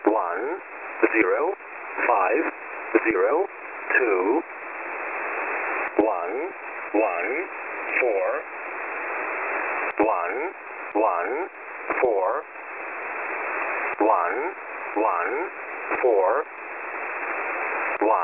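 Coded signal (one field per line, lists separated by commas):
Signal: numbers station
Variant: E07a English Man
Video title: E07a English Man 11153kHz 0800 UTC 05/09/2020 - 99 Group Message!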